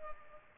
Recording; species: mosquito wingbeat signal from an infrared sensor; Culex pipiens